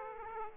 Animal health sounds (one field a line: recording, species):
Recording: mosquito wingbeat signal from an infrared sensor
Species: Aedes aegypti